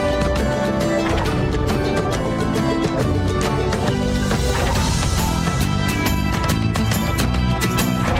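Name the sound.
footsteps walking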